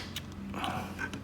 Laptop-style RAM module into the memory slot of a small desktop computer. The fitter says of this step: spingendo verso il basso sentirete un click ecco prendiamo l'altra